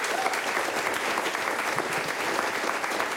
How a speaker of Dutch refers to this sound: Jongens, applaus. Mag best hoor.